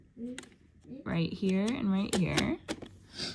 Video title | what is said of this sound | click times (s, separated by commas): Learning Resources Coding Mouse Kit Hands-On Review 🤖💡 | They just lock into place | 0.4 s